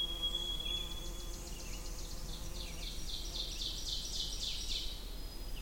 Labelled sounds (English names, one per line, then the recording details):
Ovenbird song
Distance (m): 60 m
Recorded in boreal forest in Alberta, Canada, on 20 June 2016 at 07:19
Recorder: SongMeter 3, array SBT-6-81
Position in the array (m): 32 m, 240 m
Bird 26